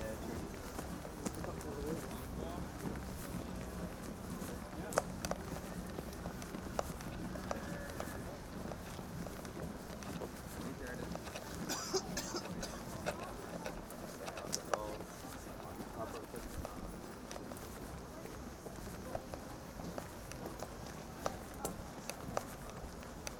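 A night walk at Glastonbury from the big sign by the Park Stage back to a tent. Footsteps tap steadily throughout over a low, constant crowd murmur with scattered voices. Sharp clicks and knocks punctuate the walk, especially around twelve and fifteen seconds.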